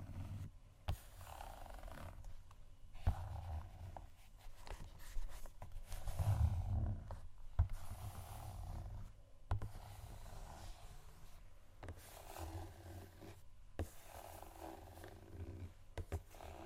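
Shoes scratch and scuff in low, rough bursts, broken by sharp taps near 1, 3, 7.5, 9.5 and 16 seconds, with brief quiet gaps.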